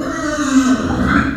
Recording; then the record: squeal of a Yucatan mini pig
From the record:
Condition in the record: after surgery on the right vocal fold (resection and tissue-engineered implant); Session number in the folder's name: 6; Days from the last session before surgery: 40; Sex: female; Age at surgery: 19 weeks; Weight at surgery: 25 kg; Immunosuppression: prednisolone